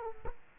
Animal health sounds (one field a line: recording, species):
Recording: mosquito wingbeat signal from an infrared sensor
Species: Culex quinquefasciatus